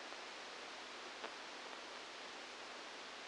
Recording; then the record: brain microelectrode recording played as sound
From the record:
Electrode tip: outside the subthalamic nucleus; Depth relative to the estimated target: -8 mm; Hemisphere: left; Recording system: NeuroSet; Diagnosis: Parkinson's disease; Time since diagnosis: 15 years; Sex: female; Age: 59 years